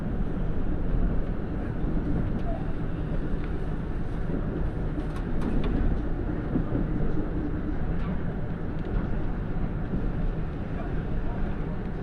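A Kintetsu-area express diesel railcar, the KiHa 85 Nanki limited express, rumbles steadily along the line toward Nagoya. The low engine and rolling drone stays dense and even throughout, with faint clicks and brief brighter squeals around five and eight seconds.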